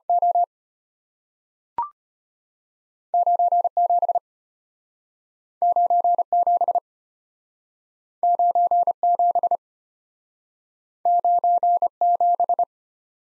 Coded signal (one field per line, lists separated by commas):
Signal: Morse code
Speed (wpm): 35 wpm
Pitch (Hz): 700 Hz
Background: none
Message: O 97 97 97 97